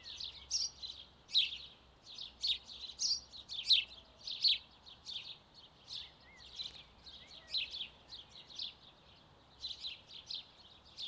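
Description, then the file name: House sparrow chirping: a run of short, bright chirps with brief pauses, over a quiet background. "Passer domesticus"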